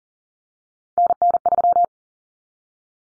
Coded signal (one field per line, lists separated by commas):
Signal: Morse code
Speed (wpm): 40 wpm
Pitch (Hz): 700 Hz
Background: none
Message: NN3